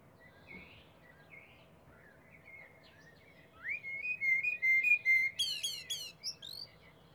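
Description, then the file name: Common blackbird song: quiet warbles, then a louder run of fluty whistled phrases ending in high, squeaky twitters, over a faint steady hum. "Turdus merula"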